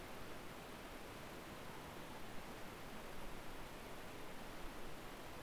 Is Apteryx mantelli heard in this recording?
no